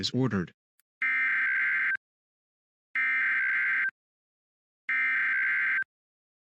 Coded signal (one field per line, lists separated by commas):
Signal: Emergency Alert System (SAME) tones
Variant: header bursts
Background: speech